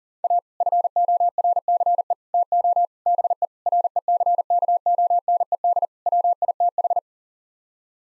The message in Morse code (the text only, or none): A FORCE TO BE RECKONED WITH